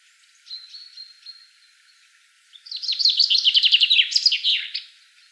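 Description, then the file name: Common chaffinch song: a thin, steady whistled note, a pause, then a fast cascading series of bright notes dropping in pitch and ending in a brief flourish. "Fringilla coelebs"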